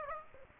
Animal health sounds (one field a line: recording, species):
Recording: mosquito wingbeat signal from an infrared sensor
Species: Aedes aegypti